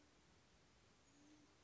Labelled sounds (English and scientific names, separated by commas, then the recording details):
Band-tailed Pigeon (Patagioenas fasciata)
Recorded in Sonoma County, California